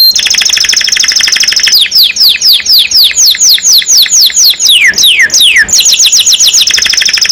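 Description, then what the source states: Canary singing a bright trill, then a run of loud downward-sweeping notes, returning to a fast high trill. Domestic canary described as gacor, singing constantly, and as a first-place champion songbird.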